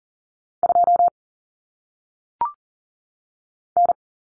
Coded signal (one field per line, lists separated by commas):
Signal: Morse code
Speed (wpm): 40 wpm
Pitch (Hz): 700 Hz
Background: none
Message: 2 N